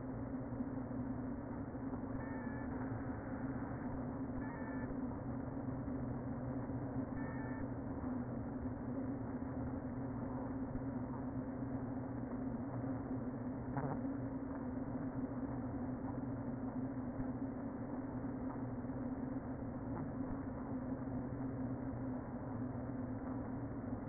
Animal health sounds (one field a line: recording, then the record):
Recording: honeybee colony, microphone inside the hive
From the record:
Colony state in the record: queen present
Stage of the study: before two queens were removed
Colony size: about 60,000 bees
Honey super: yes